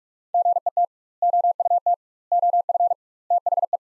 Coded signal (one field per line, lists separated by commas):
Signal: Morse code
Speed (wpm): 47 wpm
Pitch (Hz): 700 Hz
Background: none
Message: GET OUT OF THE